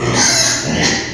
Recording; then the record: squeal of a Yucatan mini pig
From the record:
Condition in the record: before surgery on the right vocal fold (resection and tissue-engineered implant); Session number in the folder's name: 2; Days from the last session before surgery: 0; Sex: male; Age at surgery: 12 weeks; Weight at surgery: 13 kg